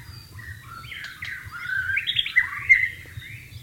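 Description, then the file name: White-rumped shama song: a rambling sequence of warbled, slurred whistles rising and falling, over a low rumbling background. White-rumped shama (murai batu) in the wild. "suara burung murai batu di alam liar"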